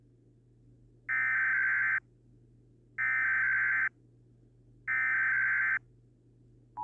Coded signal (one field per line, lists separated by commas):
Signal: Emergency Alert System (SAME) tones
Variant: header bursts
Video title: Sample EAS Alarm